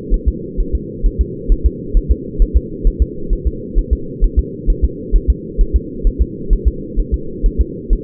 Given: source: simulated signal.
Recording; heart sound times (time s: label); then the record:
fetal heart sounds
0.14 s: S1
0.28 s: S2
0.60 s: S1
0.75 s: S2
1.06 s: S1
1.21 s: S2
1.52 s: S1
1.66 s: S2
1.97 s: S1
2.12 s: S2
2.42 s: S1
2.57 s: S2
2.87 s: S1
3.02 s: S2
3.33 s: S1
3.47 s: S2
3.79 s: S1
3.93 s: S2
4.24 s: S1
4.39 s: S2
4.70 s: S1
4.85 s: S2
5.16 s: S1
5.30 s: S2
5.61 s: S1
5.76 s: S2
6.07 s: S1
6.22 s: S2
6.53 s: S1
6.68 s: S2
7.00 s: S1
7.14 s: S2
7.46 s: S1
7.61 s: S2
7.93 s: S1
From the record:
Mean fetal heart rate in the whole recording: 130 bpm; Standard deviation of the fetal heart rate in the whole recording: 2 bpm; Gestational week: 38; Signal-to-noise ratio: -4.3 dB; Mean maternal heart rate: 72 bpm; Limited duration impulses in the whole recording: absent